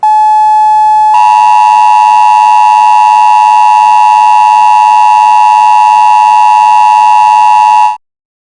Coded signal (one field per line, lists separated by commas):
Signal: Emergency Alert System (SAME) tones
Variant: 853 and 960 Hz attention tone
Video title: EAS alarm tutorial:D | #melonplaygrond | SeanTutorials